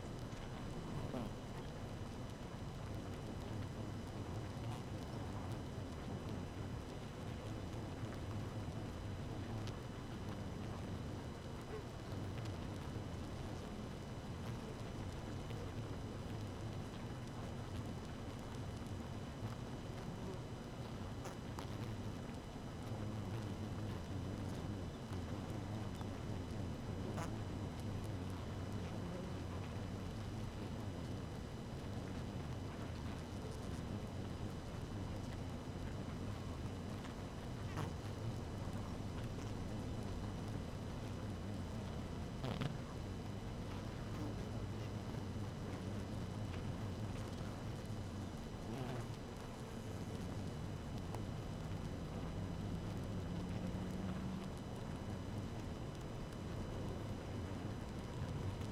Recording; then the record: honeybee colony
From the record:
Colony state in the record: active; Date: 12 June 2018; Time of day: 6:33